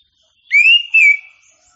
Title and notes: Kicau Burung Kacer Juara. Suara Kicauan Burung Kacer Juara